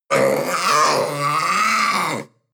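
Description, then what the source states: Panther cub cry, one long groaning wail lasting about two seconds that holds steady, then fades out abruptly. Cry of a young panther.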